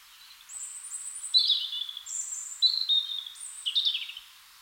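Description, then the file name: European robin singing thin, high-pitched phrases: sweet whistled notes alternating with lower warbled, slightly trilled bursts, several short phrases in quick succession. "Erithacus rubecula"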